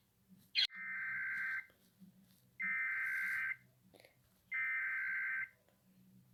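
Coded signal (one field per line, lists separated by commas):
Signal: Emergency Alert System (SAME) tones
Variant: header bursts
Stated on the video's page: Fictional EAS scenario with possibly valid tones, interrupting an MMD animation.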